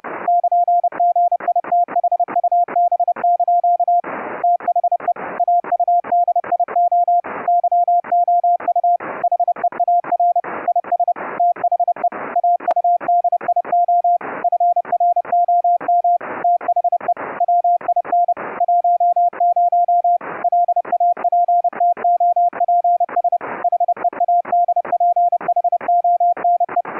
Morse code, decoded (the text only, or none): <KN>GITHUB) THE AUDIO YOU HEAR IS THE AUDIO FROM THE WIN 10 LAPTOPS HEADPHONE